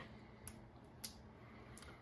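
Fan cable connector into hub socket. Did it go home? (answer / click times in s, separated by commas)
yes / 0.5 s, 1.1 s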